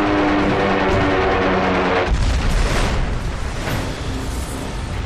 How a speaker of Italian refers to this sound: La più grande esplosione documentata della sua storia scuote la nave da prua a poppa. 5 ponti più in basso, la bomba da 225 kg esplode con una tale potenza da scaraventare in aria l'elevatore.